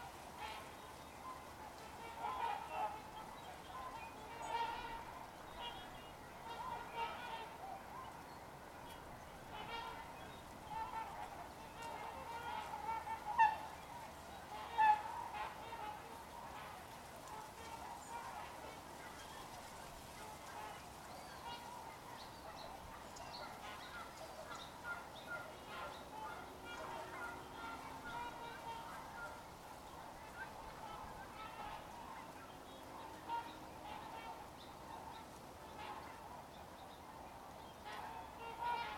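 Swans at a wildlife refuge call in a steady, overlapping chorus of honking voices through the whole recording, with a dense band of calls in the middle register. A few sharper honks stand out around 13 and 15 seconds, over a constant low murmur.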